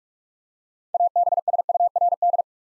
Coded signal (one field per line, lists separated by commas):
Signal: Morse code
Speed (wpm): 44 wpm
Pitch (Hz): 700 Hz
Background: none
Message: ABSURD